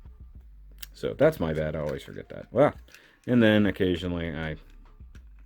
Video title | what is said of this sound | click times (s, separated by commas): QUICKIE: 52TOYS BEASTBox BB14 LEVIATHAN | so whenever that slides in and out that locks into place so | 0.8 s